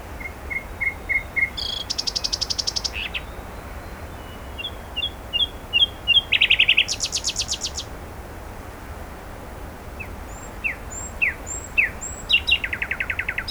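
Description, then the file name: Common nightingale song of varied phrases: rapid repeated whistles, harsh buzzy bursts, a fast trill and rising thin whistles in a busy sequence. "Luscinia megarhynchos"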